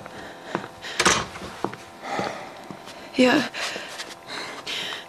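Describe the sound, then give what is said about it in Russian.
A medical orderly leaves an office through a door: it opens with a sharp clunk, followed by soft shuffling and a second solid thud as it shuts, over faint background rustling. “Санитар разворачивается и уходит в дверь.”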